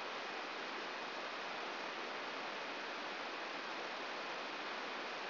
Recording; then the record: brain microelectrode recording played as sound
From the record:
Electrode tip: inside the subthalamic nucleus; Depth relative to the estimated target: 3 mm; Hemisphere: right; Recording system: AlphaMap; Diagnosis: Parkinson's disease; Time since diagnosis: 10 years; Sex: female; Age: 63 years